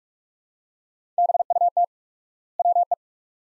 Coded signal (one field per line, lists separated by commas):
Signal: Morse code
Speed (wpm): 42 wpm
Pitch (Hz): 700 Hz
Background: none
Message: BUT WE